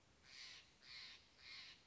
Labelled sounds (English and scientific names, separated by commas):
Steller's Jay (Cyanocitta stelleri)